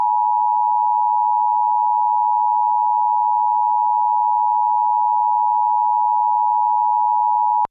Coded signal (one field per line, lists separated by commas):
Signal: Emergency Alert System (SAME) tones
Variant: 853 and 960 Hz attention tone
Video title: National EAS Test in Pittsburgh Pennsylvania. 10/4/2023.